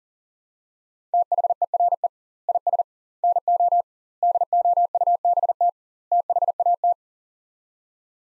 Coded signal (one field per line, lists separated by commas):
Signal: Morse code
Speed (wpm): 40 wpm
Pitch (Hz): 700 Hz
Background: none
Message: THERE IS NO DOUBT THAT